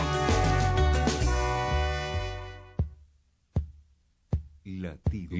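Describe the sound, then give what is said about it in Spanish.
A burst of bright music in a radio jingle for the Latido Americano program on FM Moreno cuts off into a series of deep, regular thumps, about four beats spaced evenly like a heartbeat sound effect, standing alone with faint tonal traces between them. “Latiendo al ritmo de América Latina.”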